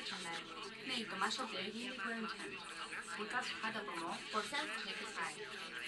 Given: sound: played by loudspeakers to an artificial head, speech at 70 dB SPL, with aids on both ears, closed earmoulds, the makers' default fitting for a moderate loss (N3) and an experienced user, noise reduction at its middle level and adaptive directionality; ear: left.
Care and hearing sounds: speech test signal (ISTS) in cocktail-party noise; +3 dB; on the right (90 degrees)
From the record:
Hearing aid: class 1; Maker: E

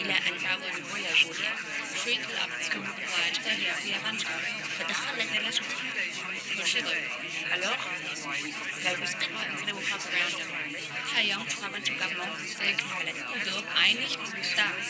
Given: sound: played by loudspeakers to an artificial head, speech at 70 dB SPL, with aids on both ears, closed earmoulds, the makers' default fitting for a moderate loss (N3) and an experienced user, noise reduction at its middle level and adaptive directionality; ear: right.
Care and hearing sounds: speech test signal (ISTS) in cocktail-party noise; -3 dB; in front (0 degrees)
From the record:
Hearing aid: class 2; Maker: G

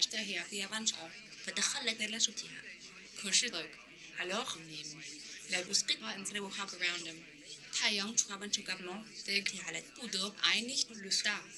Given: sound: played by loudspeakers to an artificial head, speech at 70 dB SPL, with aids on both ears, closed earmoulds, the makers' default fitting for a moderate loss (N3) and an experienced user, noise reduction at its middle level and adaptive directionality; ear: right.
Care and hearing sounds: speech test signal (ISTS) in cocktail-party noise; +9 dB; in front (0 degrees)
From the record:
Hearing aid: class 1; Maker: J

